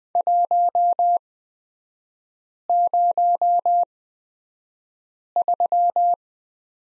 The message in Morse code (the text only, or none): 103